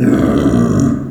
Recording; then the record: squeal of a Yucatan mini pig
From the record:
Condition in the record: after surgery on the right vocal fold (resection and tissue-engineered implant); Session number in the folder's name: 4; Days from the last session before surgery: 26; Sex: female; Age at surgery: 19 weeks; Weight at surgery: 25 kg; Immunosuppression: prednisolone